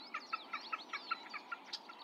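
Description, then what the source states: Snipe: a steady run of short, clipped notes repeated about five times a second, with faint background hiss. Recorded in June.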